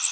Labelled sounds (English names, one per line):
Magnolia Warbler flight call